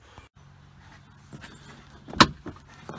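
White plastic retaining clips on the interior hatch trim panel of a 2005–2009 Subaru Outback are pushed up into their holes in the rear hatch. After a quiet stretch of low rumble, sharp plastic snaps sound at 2.2, 2.5, 2.6 and 2.9 seconds, the first the loudest. All four clips seat.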